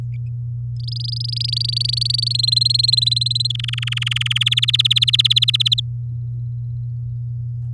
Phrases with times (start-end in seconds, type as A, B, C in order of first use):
0.80-2.37 A, 2.39-3.47 B, 3.50-4.38 C, 4.41-5.80 D